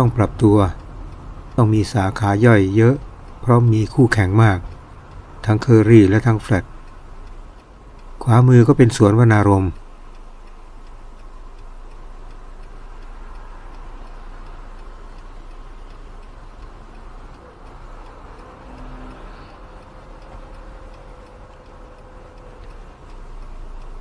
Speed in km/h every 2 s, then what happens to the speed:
20, 17, 13, 7, 4, 5, 6, 7, 7, 8, 8, 5.
0-8 slows to 4. 8-24 steady at about 6.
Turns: none.